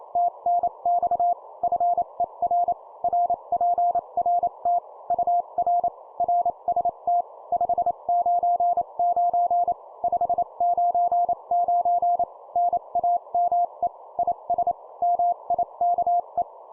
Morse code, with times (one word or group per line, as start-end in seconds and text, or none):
0.2-1.3 TNX
1.6-2.7 FER
3.0-4.8 RPRT
5.1-5.9 UR
6.2-7.2 RST
7.5-9.7 599
10.0-12.2 599
12.6-13.9 NAME
14.2-14.7 IS
15.0-16.4 MIKE